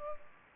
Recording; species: mosquito wingbeat signal from an infrared sensor; Culex pipiens